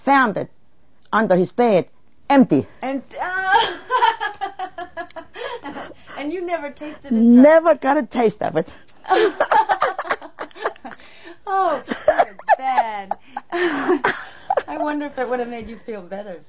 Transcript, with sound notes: I found it under his bed, empty.
OH. ( she laughs ) And you never tasted a drop.
Never got a taste of it. ( she laughs )
I wonder if it would have made you feel better.,